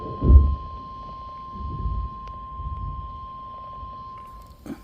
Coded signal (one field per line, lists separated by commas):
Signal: Emergency Alert System (SAME) tones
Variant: 1050 Hz attention tone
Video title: A severe weather night in central Ohio with EAS Alerts